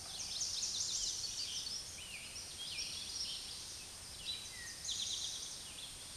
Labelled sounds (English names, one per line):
Eastern Towhee song